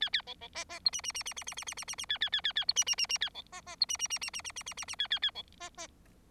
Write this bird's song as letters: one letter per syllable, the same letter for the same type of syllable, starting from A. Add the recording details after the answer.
A A B B C C D E E E E E E E E E E E A A A A A D E E E E A B C C D E E E E E E E E E E A A A B C C. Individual Bird4